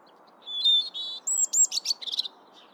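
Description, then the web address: European robin song phrase: two sustained clear whistles, a thin very high note, then a quick jumble of sharp twittering notes fading out. "pub SETE data Erithacus rubecula"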